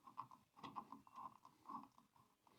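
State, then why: Not seated. A part of a black cylindrical modern single-light pendant light with three colour segments is pushed and turned into the light fixture, giving a series of soft rattling, scraping handling sounds with a recurring tone near 1 kHz. Nothing has seated or clicked yet; the part is still being handled and has not locked into place.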